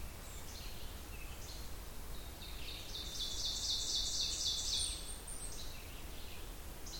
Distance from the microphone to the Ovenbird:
about 45 m